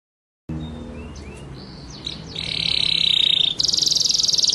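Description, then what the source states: White-rumped shama song: a few thin whistled notes, then a rapid high rattling trill, shifting to an even higher trill near the end. Masteran (training) track for murai batu, in the full ngerol and nembak song styles.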